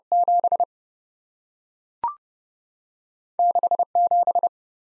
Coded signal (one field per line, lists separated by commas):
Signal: Morse code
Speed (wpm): 30 wpm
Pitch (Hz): 700 Hz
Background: none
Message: 7 67